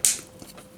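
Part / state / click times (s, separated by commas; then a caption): folding plastic part of a transforming robot toy figure / seated / 0.1 s. A folding plastic part of a transforming robot action figure is pushed down and snaps into place with a sharp, loud, bright click at 0.1 s. Faint handling taps follow at about 0.4 and 0.8 s. The part is seated.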